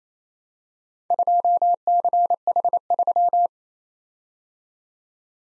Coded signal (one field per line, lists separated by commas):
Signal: Morse code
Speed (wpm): 29 wpm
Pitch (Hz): 700 Hz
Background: none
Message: 2CH3